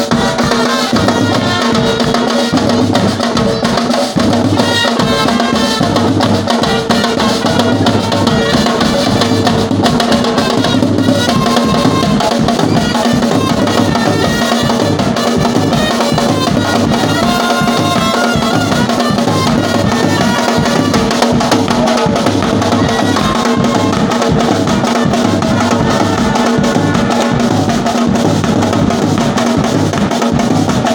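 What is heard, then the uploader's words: A brass band plays a loud, dense street-party tune throughout, with a steady thumping low beat under bright, sustained horn lines that never pause. Street party in Amsterdam. Brass Band playing in my hood due to a birthday party at my neighbours.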